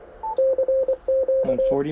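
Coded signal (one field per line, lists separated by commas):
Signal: Morse code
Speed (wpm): 24 wpm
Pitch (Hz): 530 Hz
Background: speech, radio noise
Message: CQ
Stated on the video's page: CW field activation testing a homebrew 40m quarter-wave vertical, contacts on 40m, plus 20m CW on an MFJ 2010 off-center dipole.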